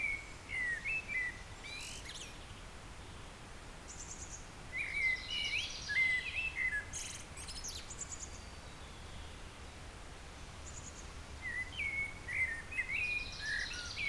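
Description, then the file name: Eurasian blackbird song: several fluty warbled phrases spaced a few seconds apart, each trailed by high-pitched squeaky chatter. Soft background hiss is heard throughout. "Turdus merula"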